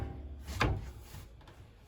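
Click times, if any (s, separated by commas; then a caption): 0.6 s. A cabinet drawer in the kitchen of a 2021 Avenger 16RD RV is pushed shut, and its latch clicks into place with a sharp, loud click at 0.6 s. A couple of faint, softer knocks follow around 1.4–1.5 s, and the drawer stays latched closed.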